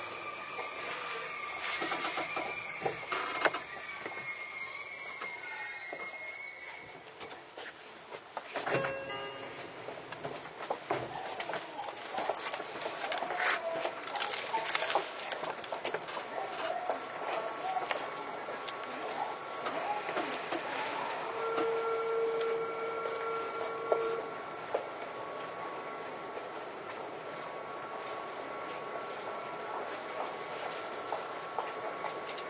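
A Sotetsu 20000 series train rides between Yokohama and Shonandai, a steady rumble overlaid with dense clicks and rattles. Whining tones rise and hold, sharp squeals appear early, and a short bright beep sounds around twenty-two seconds.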